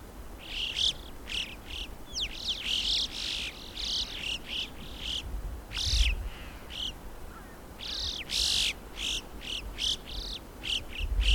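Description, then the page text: Alpine chough calls, many high, arched whistles rising and falling in quick bursts over a low steady rumble. "Christian Brinkman - Альпийская галка (Pyrrhocorax graculus)"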